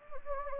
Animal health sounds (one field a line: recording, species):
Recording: mosquito wingbeat signal from an infrared sensor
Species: Anopheles gambiae